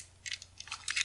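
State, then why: Seated. After a struggle, a plastic clip-on part is pushed into the back of a small Diana Baby film camera. Scraping, crunching plastic contact sounds come around 0.3 s, then a sharp click at 0.9 s as the part seats.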